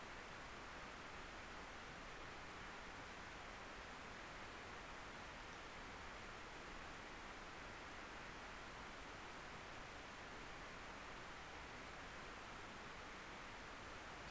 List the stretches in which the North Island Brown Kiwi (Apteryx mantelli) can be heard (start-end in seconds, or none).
none